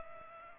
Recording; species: mosquito wingbeat signal from an infrared sensor; Culex pipiens